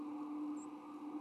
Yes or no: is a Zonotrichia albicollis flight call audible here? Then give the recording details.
no. Another species' flight call is heard. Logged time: 02:39 on 22 November 2014